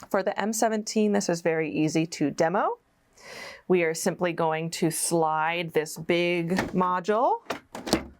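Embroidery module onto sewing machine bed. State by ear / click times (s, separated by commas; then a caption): seated / 7.9 s. Someone talks while a large embroidery module is slid onto the free-arm bed of a Janome M17 sewing machine, which is switched off because the machine wants to reset whenever a component is added or removed. A short sharp sound comes at 7.8 s, then the module clicks and latches into place at 7.9 s.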